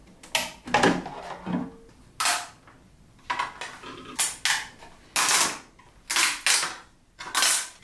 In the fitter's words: And you can hear the little diamond shaped alignment features at work here as they click into place.